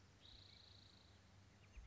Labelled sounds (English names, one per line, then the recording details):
Spotted Towhee
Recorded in Sonoma County, California